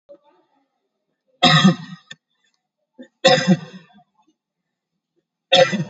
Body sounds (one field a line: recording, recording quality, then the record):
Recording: heavy voluntary cough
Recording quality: excellent, no background noise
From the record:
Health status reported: COVID-19 positive, mild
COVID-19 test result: positive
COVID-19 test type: RT-PCR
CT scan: taken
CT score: 16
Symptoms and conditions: cough, cold, fatigue, diabetes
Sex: male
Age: 43 years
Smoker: no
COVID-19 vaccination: both doses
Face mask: not worn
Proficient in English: yes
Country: India